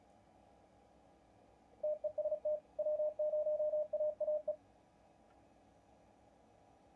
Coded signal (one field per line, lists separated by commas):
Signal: Morse code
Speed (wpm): 37 wpm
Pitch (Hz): 610 Hz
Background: none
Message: TEST W0AAE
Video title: Hamm'n Around - HT Battery Build, et.al.